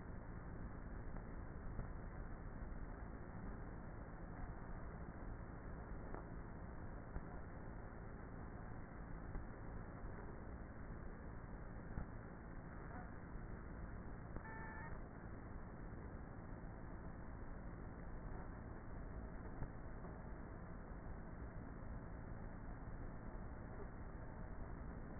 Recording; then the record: honeybee colony, microphone inside the hive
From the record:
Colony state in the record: queenless with a low population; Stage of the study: before two queens were removed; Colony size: about 30,000 bees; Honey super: no